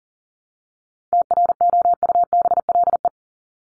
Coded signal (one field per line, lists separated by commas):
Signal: Morse code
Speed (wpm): 40 wpm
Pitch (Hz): 700 Hz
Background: none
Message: TROUBLE